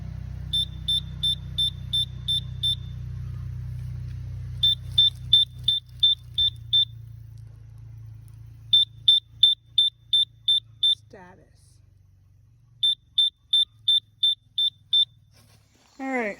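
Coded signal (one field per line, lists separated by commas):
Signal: beep code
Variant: Ghost Control gate opener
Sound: repeated groups of seven short high beeps with pauses between groups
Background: engine rumble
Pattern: 7 short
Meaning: Seven beeps: the gate arm is not moving and is blowing the 10 A fuse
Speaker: it was seven beeps on the control and that is not listed on the on the gate um the control box cover they list alarm codes but it only goes up to six beeps and so we looked up seven beeps and seven beeps meant that the gate arm was not moving extending or moving and it was blowing the tenant fuse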